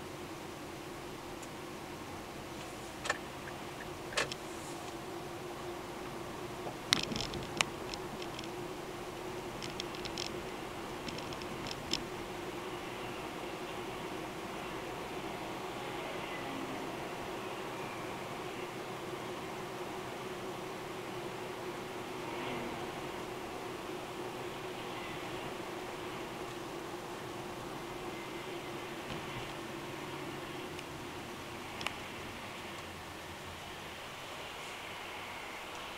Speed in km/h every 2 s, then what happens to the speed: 33, 32, 35, 36, 38, 37, 38, 40, 40, 40, 40, 40, 39, 38, 37, 33, 26, 17.
0-25 steady at about 38. 25-36 slows to 17.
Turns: none.